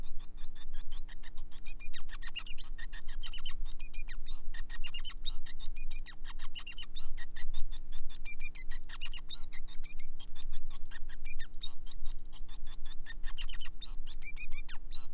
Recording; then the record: song of a male Bengalese finch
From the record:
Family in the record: son of father 5